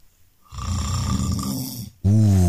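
A low, rough, rattling snore from an adult lasts about a second and a half. A brief pause follows, then a louder, more tonal snort as a short breath is drawn in at the end. The pattern is ordinary snoring with a final intake of air.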